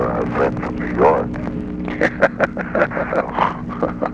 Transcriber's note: both laugh heartily